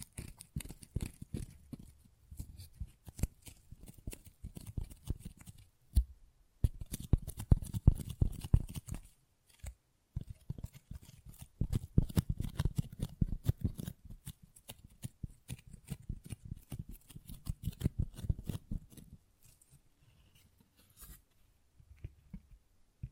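Rapid tapping and scratching on textured surfaces, with dense runs of quick crisp clicks over a soft thudding low end. The activity comes in bursts separated by brief pauses near 6, 10 and 19 seconds, thinning into sparser taps toward the end.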